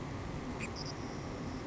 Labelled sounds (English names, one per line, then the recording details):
Savannah Sparrow
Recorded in Sonoma County, California